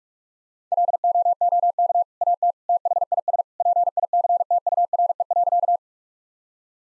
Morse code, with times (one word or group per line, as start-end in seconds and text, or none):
0.7-2.0 LOOK
2.2-2.5 AT
2.7-3.4 THIS
3.6-5.8 PICTURE.